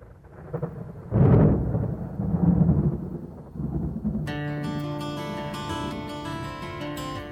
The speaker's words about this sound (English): i el començament, quan comencen a sonar els trons que acompanyen aquesta cançó, la veritat és que et posa també els pèls de punta.